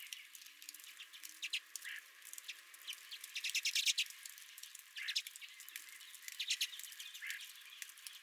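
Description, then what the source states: Redpolls calling, quick dry chattering notes and scattered sharp chips, loudest near the middle. Redpolls visiting the recordist's own feeder.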